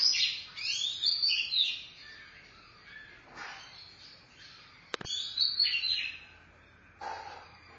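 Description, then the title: Oriental magpie-robin song of quick whistled and chattering phrases, pausing midway, broken by a sharp click near five seconds, then resuming with more whistles. Chirping song (kicauan) of the bird. "Suara Kicauan Burung Kacer Durasi Panjang"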